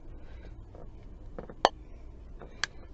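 A movable arm or leg of a small plastic action figure is pushed back into its ball socket in the figure's body. A sharp click sounds at 1.7 s as the limb pops into place, followed by a second, quieter sharp hit at 2.6 s over faint background noise. The limb is seated.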